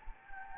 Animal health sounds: mosquito wingbeat signal from an infrared sensor; Anopheles gambiae

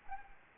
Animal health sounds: mosquito wingbeat signal from an infrared sensor; Anopheles arabiensis

